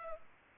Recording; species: mosquito wingbeat signal from an infrared sensor; Culex pipiens